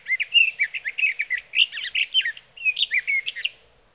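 Sage thrasher song of rapid mixed warbles and slurred whistles, with one short pause midway before the jumbled phrases resume.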